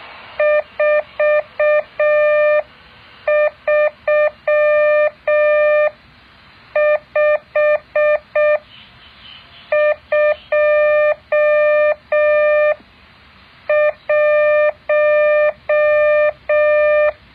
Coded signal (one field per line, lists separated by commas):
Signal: Morse code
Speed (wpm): 6 wpm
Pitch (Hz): 600 Hz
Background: none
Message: 43521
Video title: แบบฝึกหัด Morse code 8.2